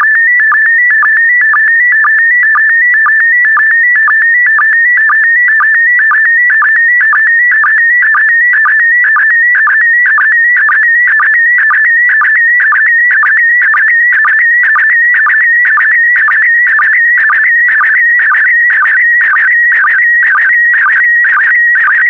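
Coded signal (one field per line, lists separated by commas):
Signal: SSTV (slow-scan television)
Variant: PD120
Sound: warbling, chirpy tone shifting in pitch, with a short low blip about twice a second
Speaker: transmission complete you can now check your decoded image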